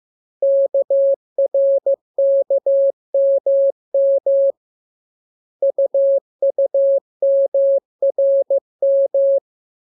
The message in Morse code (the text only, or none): KRKMM UUMRM